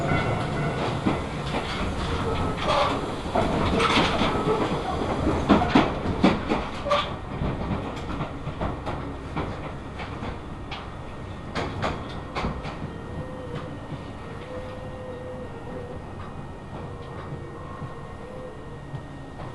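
A Tobu Tojo Line local train rumbles along single track, busy clattering and sharp clicks early easing into a steadier, quieter roll with faint whines.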